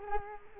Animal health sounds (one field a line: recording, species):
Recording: mosquito wingbeat signal from an infrared sensor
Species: Culex quinquefasciatus